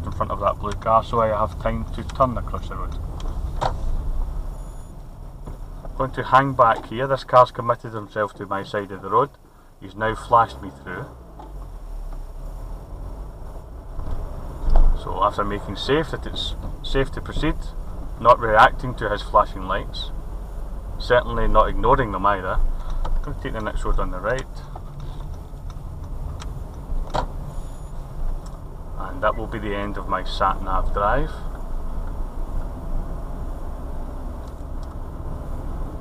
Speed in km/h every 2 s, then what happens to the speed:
11, 10, 13, 3, 0, 0, 0, 11, 15, 16, 16, 15, 11, 13, 18, 21, 23, 24.
4-7 brakes to 0. 7-12 standing. 12-15 pulls away to 15. 15-25 steady at about 15. 25-36 speeds up to 24.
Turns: 0-4, 22-26.